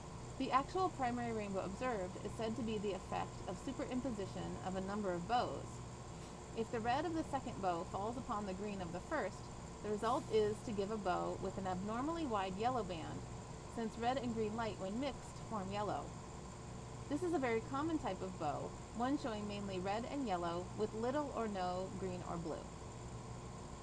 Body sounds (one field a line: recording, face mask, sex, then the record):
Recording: reading aloud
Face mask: surgical mask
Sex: female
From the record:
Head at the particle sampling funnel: turned sideways, cheek in front of it